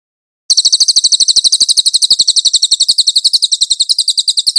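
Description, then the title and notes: Cililin song: a sustained trill of high, quick, regularly spaced notes, starting after half a second and continuing to the end. "MASTER SUARA BURUNG CILILIN. CICILIN"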